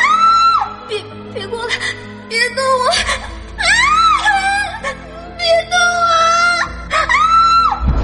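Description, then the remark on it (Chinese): A voice lets out loud, terrified screams and anguished wails in repeated bursts, the pitch sliding up and down. Short sobbing breaths fall between the cries over a low background hum. “他尝试着问孟若书发生了什么，结果孟若书神情惊恐地尖叫了起来。”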